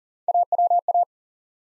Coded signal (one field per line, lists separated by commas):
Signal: Morse code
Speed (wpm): 40 wpm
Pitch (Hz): 700 Hz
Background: none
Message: AWA